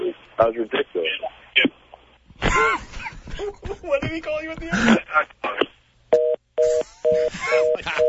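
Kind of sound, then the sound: signal or alarm, phone keypad tones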